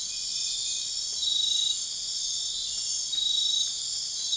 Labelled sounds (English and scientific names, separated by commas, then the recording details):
none
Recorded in dense forest near Puerto Asís, Putumayo, Colombia, on 4 March 2025 at 01:30
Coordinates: 0.500, -76.322
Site GP06